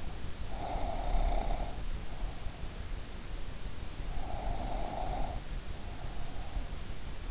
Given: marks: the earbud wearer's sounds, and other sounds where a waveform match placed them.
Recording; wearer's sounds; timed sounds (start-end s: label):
sounds in sleep by an in-ear microphone; snoring breath
0.42-2.78 s: snoring breath
3.94-6.66 s: snoring breath